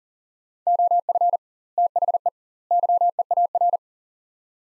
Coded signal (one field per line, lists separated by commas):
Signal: Morse code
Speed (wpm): 40 wpm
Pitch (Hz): 700 Hz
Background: none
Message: OF THE YEAR